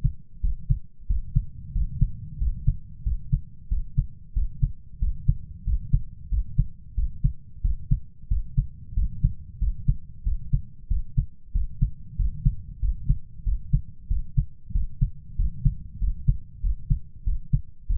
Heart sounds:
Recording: heart sounds by stethoscope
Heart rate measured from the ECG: 93 bpm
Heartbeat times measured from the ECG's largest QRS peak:
0.44 s: heartbeat
1.10 s: heartbeat
1.75 s: heartbeat
2.41 s: heartbeat
3.06 s: heartbeat
3.71 s: heartbeat
4.36 s: heartbeat
5.02 s: heartbeat
5.67 s: heartbeat
6.32 s: heartbeat
6.98 s: heartbeat
7.64 s: heartbeat
8.31 s: heartbeat
8.97 s: heartbeat
9.62 s: heartbeat
10.26 s: heartbeat
10.91 s: heartbeat
11.55 s: heartbeat
12.19 s: heartbeat
12.83 s: heartbeat
13.47 s: heartbeat
14.11 s: heartbeat
14.75 s: heartbeat
15.39 s: heartbeat
16.02 s: heartbeat
16.64 s: heartbeat
17.27 s: heartbeat
17.90 s: heartbeat
From the record:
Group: healthy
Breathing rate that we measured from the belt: 17 breaths a minute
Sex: male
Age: 21 years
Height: 175 cm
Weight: 72.6 kg

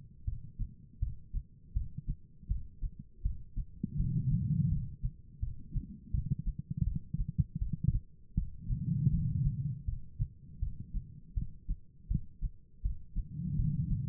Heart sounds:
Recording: heart sounds by stethoscope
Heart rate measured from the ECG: 81 bpm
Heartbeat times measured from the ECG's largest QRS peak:
0.25 s: heartbeat
1.00 s: heartbeat
1.73 s: heartbeat
2.48 s: heartbeat
3.22 s: heartbeat
3.97 s: heartbeat
4.69 s: heartbeat
5.40 s: heartbeat
6.11 s: heartbeat
6.84 s: heartbeat
7.59 s: heartbeat
8.35 s: heartbeat
9.11 s: heartbeat
9.85 s: heartbeat
10.60 s: heartbeat
11.34 s: heartbeat
12.08 s: heartbeat
12.82 s: heartbeat
13.56 s: heartbeat
From the record:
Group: healthy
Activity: cold pressor test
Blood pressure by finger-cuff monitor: 179/114 mmHg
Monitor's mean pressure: 133 mmHg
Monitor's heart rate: 81 bpm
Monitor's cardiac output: 4.9 L/min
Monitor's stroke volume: 61 mL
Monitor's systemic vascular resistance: 2050 dyn s/cm5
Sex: female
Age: 51 years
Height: 162 cm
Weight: 70.04 kg

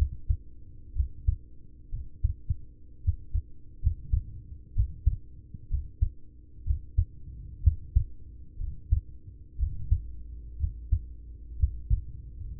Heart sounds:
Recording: heart sounds by stethoscope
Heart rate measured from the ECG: 67 bpm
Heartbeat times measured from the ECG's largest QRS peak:
0.92 s: heartbeat
1.88 s: heartbeat
2.46 s: heartbeat
3.02 s: heartbeat
3.79 s: heartbeat
4.72 s: heartbeat
5.67 s: heartbeat
6.62 s: heartbeat
7.59 s: heartbeat
8.55 s: heartbeat
9.55 s: heartbeat
10.56 s: heartbeat
11.56 s: heartbeat
12.55 s: heartbeat
From the record:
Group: heart failure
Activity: rest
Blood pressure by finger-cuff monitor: 74/44 mmHg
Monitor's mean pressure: 54 mmHg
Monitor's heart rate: 61 bpm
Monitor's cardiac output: 5.1 L/min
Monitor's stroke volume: 81 mL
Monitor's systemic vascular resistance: 710 dyn s/cm5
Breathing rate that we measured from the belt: 17 breaths a minute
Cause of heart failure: ischemic heart disease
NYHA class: 1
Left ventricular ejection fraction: 33%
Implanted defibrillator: present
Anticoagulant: apixaban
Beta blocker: carvedilol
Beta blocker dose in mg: 18.75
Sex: male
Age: 39 years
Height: 168 cm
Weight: 72 kg

